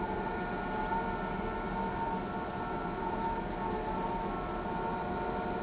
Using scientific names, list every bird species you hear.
none